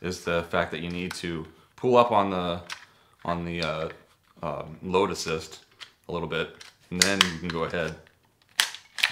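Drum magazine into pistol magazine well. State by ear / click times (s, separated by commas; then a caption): seated / 8.6 s. A 50-round drum magazine is seated into the magazine well of a Glock pistol after its load assist is pulled a little. Someone talks for most of the clip, then a sharp click at 8.6 s marks the drum latching in solidly.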